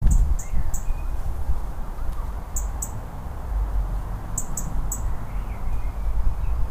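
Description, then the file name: European robin ticking in short, sharp, high notes, in small groups spread throughout, against heavy low-pitched rumbling noise. "Erithacus rubecula - European Robin"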